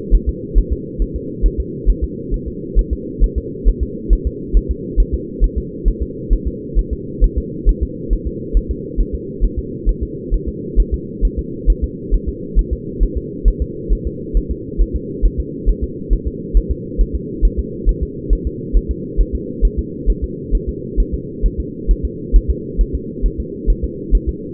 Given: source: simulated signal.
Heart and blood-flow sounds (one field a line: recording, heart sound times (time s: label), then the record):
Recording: fetal heart sounds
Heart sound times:
0.15 s: S1
0.29 s: S2
0.58 s: S1
0.72 s: S2
1.02 s: S1
1.16 s: S2
1.46 s: S1
1.60 s: S2
1.90 s: S1
2.04 s: S2
2.34 s: S1
2.48 s: S2
2.79 s: S1
2.93 s: S2
3.24 s: S1
3.38 s: S2
3.69 s: S1
3.83 s: S2
4.13 s: S1
4.27 s: S2
4.57 s: S1
4.71 s: S2
5.00 s: S1
5.14 s: S2
5.44 s: S1
5.58 s: S2
5.88 s: S1
6.02 s: S2
6.33 s: S1
6.47 s: S2
6.79 s: S1
6.93 s: S2
7.24 s: S1
7.38 s: S2
7.69 s: S1
7.83 s: S2
8.13 s: S1
8.27 s: S2
8.57 s: S1
8.71 s: S2
9.00 s: S1
9.15 s: S2
9.44 s: S1
9.59 s: S2
9.89 s: S1
10.03 s: S2
10.34 s: S1
10.48 s: S2
10.80 s: S1
10.94 s: S2
11.25 s: S1
11.39 s: S2
11.70 s: S1
11.84 s: S2
12.14 s: S1
12.28 s: S2
12.59 s: S1
12.73 s: S2
13.03 s: S1
13.17 s: S2
13.48 s: S1
13.62 s: S2
13.93 s: S1
14.07 s: S2
14.37 s: S1
14.51 s: S2
14.81 s: S1
14.96 s: S2
15.25 s: S1
15.40 s: S2
15.69 s: S1
15.84 s: S2
16.13 s: S1
16.27 s: S2
16.57 s: S1
16.71 s: S2
17.01 s: S1
17.15 s: S2
17.45 s: S1
17.59 s: S2
17.89 s: S1
18.03 s: S2
18.33 s: S1
18.47 s: S2
18.77 s: S1
18.91 s: S2
19.21 s: S1
19.35 s: S2
19.65 s: S1
19.79 s: S2
20.10 s: S1
20.24 s: S2
20.55 s: S1
20.69 s: S2
21.00 s: S1
21.14 s: S2
21.46 s: S1
21.60 s: S2
21.91 s: S1
22.05 s: S2
22.36 s: S1
22.50 s: S2
22.81 s: S1
22.95 s: S2
23.26 s: S1
23.40 s: S2
23.70 s: S1
23.84 s: S2
24.15 s: S1
24.29 s: S2
From the record:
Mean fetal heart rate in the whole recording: 135 bpm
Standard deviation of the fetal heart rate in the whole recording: 3 bpm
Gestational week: 36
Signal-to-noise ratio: -4.1 dB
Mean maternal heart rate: no maternal heart sound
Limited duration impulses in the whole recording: absent